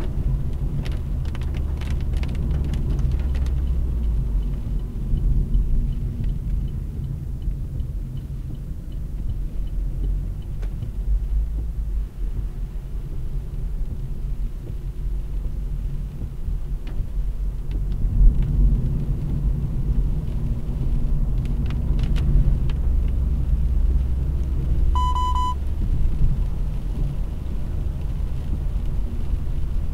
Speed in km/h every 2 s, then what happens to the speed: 73, 71, 42, 29, 33, 44, 44, 42, 46, 51, 62, 64, 68, 72, 70.
0-6 brakes to 29. 6-10 speeds up to 44. 10-15 steady at about 44. 15-26 speeds up to 72.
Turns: 4-10, 10-18.